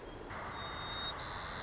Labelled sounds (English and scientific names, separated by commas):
White-crowned Sparrow (Zonotrichia leucophrys)